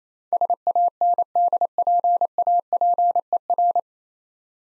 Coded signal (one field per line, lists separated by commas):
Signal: Morse code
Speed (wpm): 29 wpm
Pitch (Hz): 700 Hz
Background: none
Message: SANDPAPER